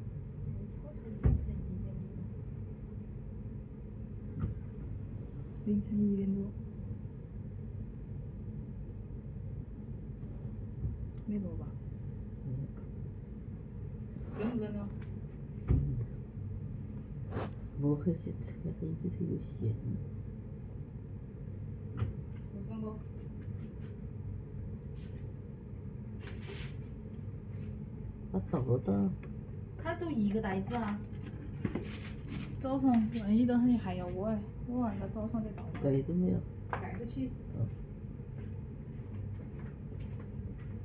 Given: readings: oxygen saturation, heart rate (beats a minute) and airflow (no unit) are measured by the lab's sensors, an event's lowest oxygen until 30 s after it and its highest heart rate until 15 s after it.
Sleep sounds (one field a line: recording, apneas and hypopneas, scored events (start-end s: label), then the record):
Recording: a person awake in a sleep study, by a smartphone at the bedside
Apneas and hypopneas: none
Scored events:
0.00-40.85 s: awake
From the record:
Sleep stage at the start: awake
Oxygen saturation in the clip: 94 to 96%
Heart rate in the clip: 81 to 95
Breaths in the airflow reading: 12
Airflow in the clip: -7.7 to 9.0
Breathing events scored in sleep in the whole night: 496 in 5.4 hours asleep